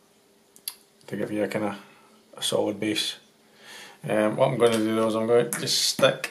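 Laser-cut pieces of a model railway carriage access platform kit are pushed into their slots in the base section, fitting without glue. Two sharp ticks at 0.6 s and 0.7 s mark a piece clicking into its slot, seated. Someone then talks.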